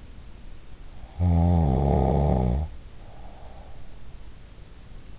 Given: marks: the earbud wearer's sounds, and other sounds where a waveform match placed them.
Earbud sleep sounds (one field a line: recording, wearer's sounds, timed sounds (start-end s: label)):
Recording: sounds in sleep by an in-ear microphone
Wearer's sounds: snoring breath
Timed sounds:
0.97-4.09 s: snoring breath